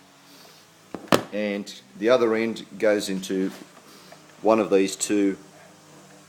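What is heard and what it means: A red cable's connector is plugged into a USB adapter, giving two short, sharp clicks at 0.9 s and 1.1 s, the second much louder, as the plug seats. Someone talks before and after.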